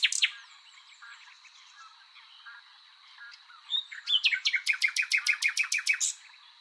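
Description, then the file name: Common nightingale song: soft scratchy notes, then a loud series of rapid, evenly repeated sharp notes forming a rhythmic rattle. "Luscinia megarhynchos"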